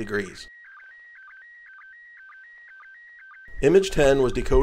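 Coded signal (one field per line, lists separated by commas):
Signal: SSTV (slow-scan television)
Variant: PD 120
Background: speech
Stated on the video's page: SSTV images transmitted from the International Space Station, received at a home station in Arizona.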